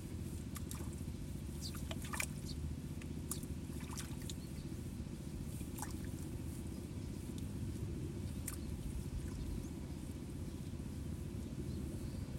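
Sparrows chirp busily in quick bright bursts over a steady low rumble of rice-paddy water, continuous throughout with no pause.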